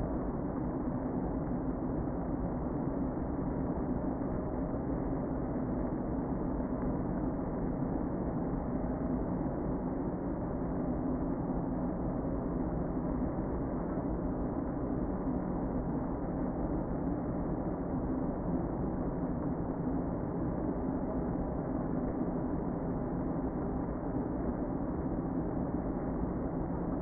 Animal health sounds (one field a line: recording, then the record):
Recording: honeybee colony, microphone inside the hive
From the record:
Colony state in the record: queen present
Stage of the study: before two queens were removed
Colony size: about 60,000 bees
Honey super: yes